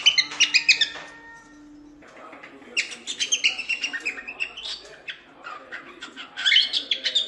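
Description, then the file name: Cockatiel chatter and warbling: quick chirps, a steady held tone, then busy twittering whistles throughout. Lutino colour variety, song. "canto da calopsita lutino"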